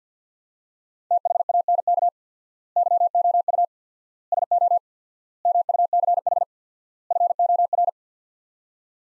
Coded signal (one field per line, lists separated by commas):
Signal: Morse code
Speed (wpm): 50 wpm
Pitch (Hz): 700 Hz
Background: none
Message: THANK YOU SO MUCH FOR